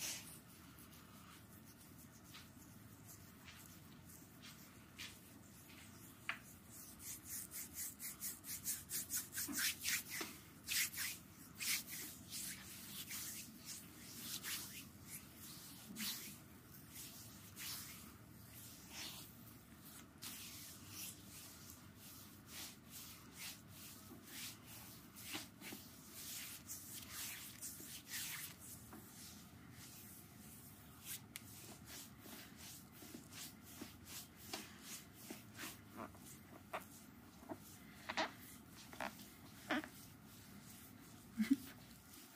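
Hands work lotion into a foot with soft, wet rubbing and squelching. Short slick clicks and smacks come in irregular clusters, busiest between about 7 and 30 seconds and again near the end. A faint low hum sits underneath throughout.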